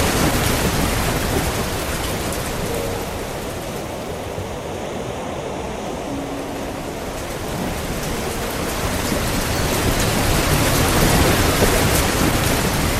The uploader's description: the gentle cascade of rain, the soothing patter on grass, interwoven with peaceful piano and guitar harmonies